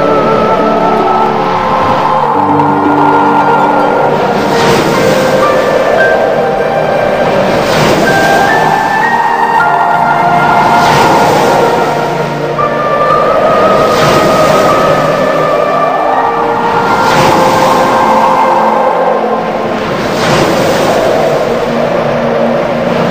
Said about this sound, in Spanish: Escucha el viento cómo se hace cada vez más fuerte y sientes cómo va penetrando tu cuerpo hasta que se transforma en una esencia de viento.